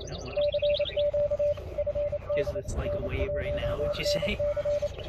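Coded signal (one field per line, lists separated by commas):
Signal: Morse code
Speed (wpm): 28 wpm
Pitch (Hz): 580 Hz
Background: speech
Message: CQ FD N1NC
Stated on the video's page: Morse sent by an operator working CW during Field Day 2023.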